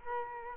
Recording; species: mosquito wingbeat signal from an infrared sensor; Culex quinquefasciatus